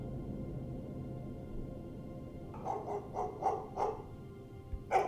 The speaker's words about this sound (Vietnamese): Nhưng vừa bước chân ra khỏi phòng thì bầy chó bị nhốt ở góc sân sủa lên nhấm nhằng.